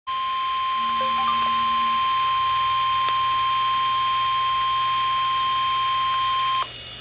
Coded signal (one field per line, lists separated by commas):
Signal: Emergency Alert System (SAME) tones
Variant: 1050 Hz attention tone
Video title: Special Marine Warning [EAS #205] 6/16/13